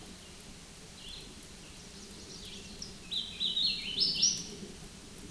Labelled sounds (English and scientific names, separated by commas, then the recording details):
Hooded Warbler (Setophaga citrina) song
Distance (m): 15 m
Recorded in a Pennsylvania forest on 18 May 2023 at 10:59
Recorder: AudioMoth, point grid1_16_low
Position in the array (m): 231 m, 142 m